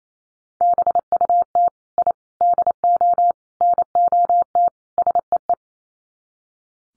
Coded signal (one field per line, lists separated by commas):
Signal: Morse code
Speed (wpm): 28 wpm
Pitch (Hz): 700 Hz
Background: none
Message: BUT I DO NOT SEE